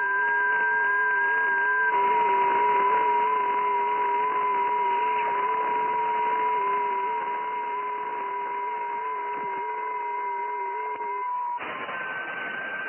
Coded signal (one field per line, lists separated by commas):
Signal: FT8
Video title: FT8 運用動画 28Mhzでアルゼンチン、ベトナム、オーストラリアと交信しました。JH4MTE